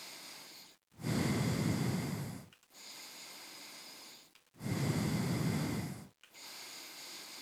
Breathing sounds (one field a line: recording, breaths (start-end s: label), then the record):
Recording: nose breathing near a microphone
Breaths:
0.00-0.61 s: inhalation
0.61-2.51 s: exhalation
2.51-4.31 s: inhalation
4.31-6.21 s: exhalation
6.21-7.42 s: inhalation
From the record:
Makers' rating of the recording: medium